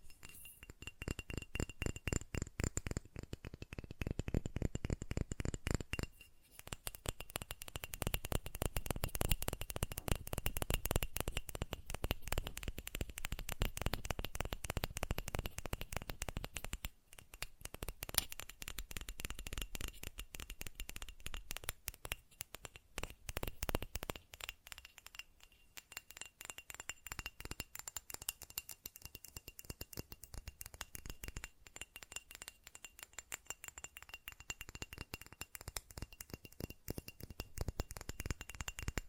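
Fast tapping continues the whole time, with quick, sharp taps packed densely together and a glassy, clinking edge. It is busiest and fullest for the first seventeen seconds, then lighter and more scattered, with short pauses near six and seventeen seconds.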